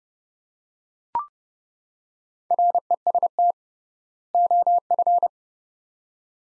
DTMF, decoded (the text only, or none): none